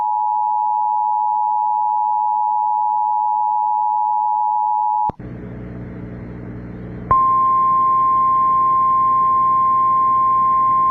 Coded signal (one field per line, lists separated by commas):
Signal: Emergency Alert System (SAME) tones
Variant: 853 and 960 Hz attention tone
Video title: Severe Thunderstorm Warning (Dickey County, ND) (8/5/25) [EAS #221]